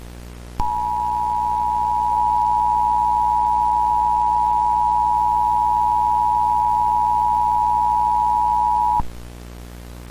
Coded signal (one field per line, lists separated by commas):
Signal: Emergency Alert System (SAME) tones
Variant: 853 and 960 Hz attention tone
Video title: (Mock) Incoming Space Junk EAS